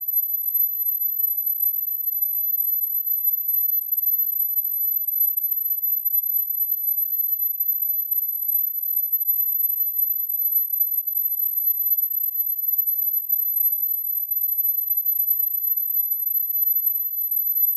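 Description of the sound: Steady, continuous high-pitched pure tone held unchanged throughout, a looped device-generated simulation of reduced tinnitus.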